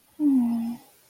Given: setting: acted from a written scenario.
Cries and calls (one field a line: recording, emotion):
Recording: vocal sound without words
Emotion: sadness